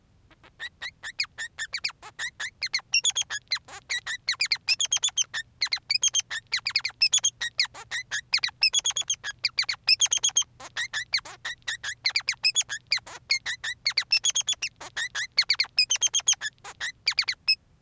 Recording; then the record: song of a male Bengalese finch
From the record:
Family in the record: son of father 3